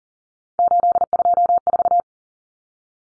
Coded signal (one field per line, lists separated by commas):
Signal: Morse code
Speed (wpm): 40 wpm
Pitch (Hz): 700 Hz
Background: none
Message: 824